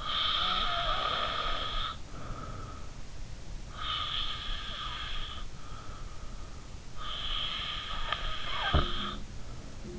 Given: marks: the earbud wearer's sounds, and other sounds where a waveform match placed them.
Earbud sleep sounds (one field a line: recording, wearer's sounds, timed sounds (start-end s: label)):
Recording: sounds in sleep by an in-ear microphone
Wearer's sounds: snoring breath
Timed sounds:
0.00-2.87 s: snoring breath
3.75-6.24 s: snoring breath
6.90-9.32 s: snoring breath
8.63-9.99 s: sound from someone else or the room